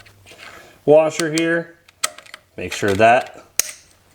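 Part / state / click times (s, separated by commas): kickstarter washer onto splined shaft of ATV engine / seated / 3.6 s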